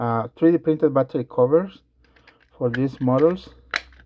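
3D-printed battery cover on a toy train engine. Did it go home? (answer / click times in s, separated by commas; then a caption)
yes / 3.8 s. Someone talks, then a 3D-printed plastic battery cover is pressed onto a custom blue James 2002 TOMY Trackmaster toy train engine and snaps into place with a sharp click at 3.8 seconds. The cover is seated as a perfect fit.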